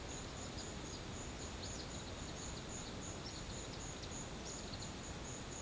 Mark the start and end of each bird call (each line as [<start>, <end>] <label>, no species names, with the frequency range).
[0.57, 4.91] bird call (3.0-5.4 kHz)